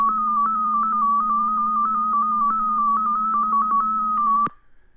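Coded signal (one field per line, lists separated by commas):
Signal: multi-tone FSK (Olivia or MFSK type)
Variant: DominoF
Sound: single tone hopping quickly between nearby pitches in a warbling melody, then abrupt stop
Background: low steady hum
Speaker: domino f here it's going to tell you the frequency range where you should hear it in the hand bands and you can press the play button where you'll hear what it sounds like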